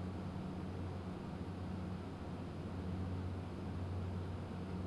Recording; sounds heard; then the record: poultry house recording; no chicken sound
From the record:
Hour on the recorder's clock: 22